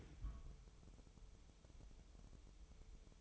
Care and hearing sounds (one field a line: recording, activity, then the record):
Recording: daily activity, microphone in the room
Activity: place on stove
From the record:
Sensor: 1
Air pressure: 988.3 hPa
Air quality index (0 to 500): 201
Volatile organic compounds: 1000 ppm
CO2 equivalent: 5382 ppm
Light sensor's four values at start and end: 27/98/37/39 and 27/97/37/39